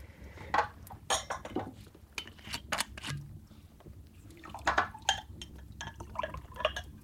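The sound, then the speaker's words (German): A drink is poured into a glass amid soft clinks of glassware and dishes, with bright splashy bursts and a low liquid gurgle running through it, no one speaking. “Oh, dein Glas ist leer.”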